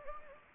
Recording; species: mosquito wingbeat signal from an infrared sensor; Anopheles gambiae